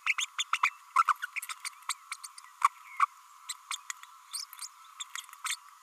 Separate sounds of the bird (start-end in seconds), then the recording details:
0.06-0.16, 0.18-0.25, 0.38-0.43, 0.53-0.58, 0.63-0.70, 0.95-1.03, 1.07-1.13, 1.22-1.26, 1.49-1.54, 1.64-1.69, 1.89-1.94, 2.12-2.16, 2.23-2.27, 2.63-2.68, 3.70-3.77, 4.33-4.44, 4.61-4.68, 4.99-5.03, 5.44-5.56. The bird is a female. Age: 30 days. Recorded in a nest box in Venezuela. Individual 17B32A5